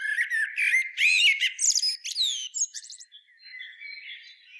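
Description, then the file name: Common blackbird song: low fluty warbled notes flowing straight into a rapid, squeaky high twitter, then a softer scratchy tail fading out. "Turdus merula"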